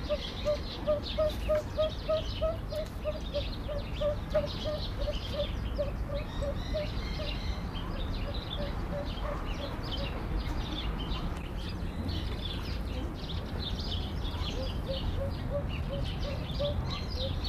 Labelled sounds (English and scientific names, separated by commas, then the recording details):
Siamese Fireback (Lophura diardi) call
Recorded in captivity
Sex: male
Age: adult
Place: Zoo Halle, Sachsen-Anhalt, DE
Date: 1991-04-06 10:04
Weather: sunny, 4-13 °C
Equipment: Marantz, Sennheiser ME 80, Kopie Tesla B 116
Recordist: Tembrock, Günter